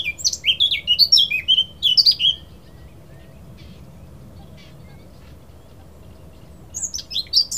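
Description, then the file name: Eurasian blackcap song, a short burst of scratchy high warbling notes, then several seconds of quiet hum before another brief phrase begins. "Sylvia atricapilla"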